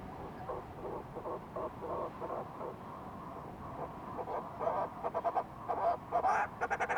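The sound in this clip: Fulmar prion uttering rhythmic, gravelly pulsed notes, softer at first and then louder and faster in stuttering bursts near the end.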